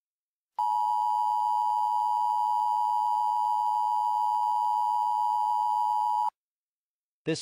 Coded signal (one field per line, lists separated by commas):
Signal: Emergency Alert System (SAME) tones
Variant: 853 and 960 Hz attention tone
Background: speech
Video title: EAS Mock 19: Biomass